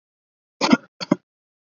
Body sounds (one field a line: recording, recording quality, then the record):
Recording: shallow voluntary cough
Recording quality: excellent, no background noise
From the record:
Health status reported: respiratory illness, not identified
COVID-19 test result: negative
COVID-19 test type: RT-PCR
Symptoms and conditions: cough, fever, fatigue, muscle pain, asthma, ischaemic heart disease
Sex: male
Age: 35 years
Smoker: no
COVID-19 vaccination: both doses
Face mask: worn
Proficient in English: yes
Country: India